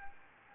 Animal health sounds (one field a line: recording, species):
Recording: mosquito wingbeat signal from an infrared sensor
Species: Anopheles gambiae